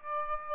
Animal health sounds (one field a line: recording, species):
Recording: mosquito wingbeat signal from an infrared sensor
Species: Aedes aegypti